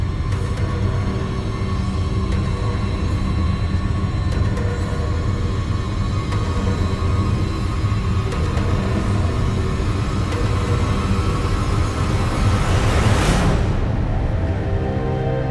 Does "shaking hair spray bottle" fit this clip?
no